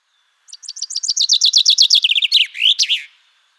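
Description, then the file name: Common chaffinch song: a rapid run of bright, descending notes that speeds into a quicker trill and ends in a sharp, rising-and-falling flourish, lasting under three seconds. "Fringilla coelebs"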